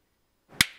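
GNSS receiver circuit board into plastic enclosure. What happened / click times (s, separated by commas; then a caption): The board snapped into the plastic case's retaining tab / 0.6 s. Vertical pressure is applied to the XB logo on an Ardusimple simpleRTK GNSS receiver circuit board, pressing its back into the plastic case's retaining tab. A faint rustle begins around 0.5 s, then a single sharp, bright click at 0.6 s fades within a fraction of a second. The board is seated and held in the case without any screws.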